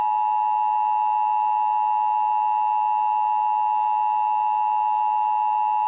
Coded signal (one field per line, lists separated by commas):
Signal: Emergency Alert System (SAME) tones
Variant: 853 and 960 Hz attention tone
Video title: (EAS #974-982) January 2026 Texas Required Monthly Test